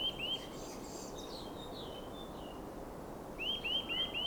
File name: Sitta europaea